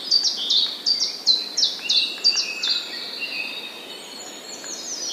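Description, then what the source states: Common chiffchaff song of crisp alternating high notes for about three seconds, then fading, leaving faint thin high sounds and quiet background noise. Recorded on 16 April 2011.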